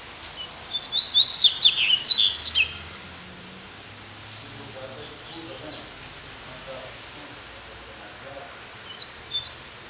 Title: Canto Coleiro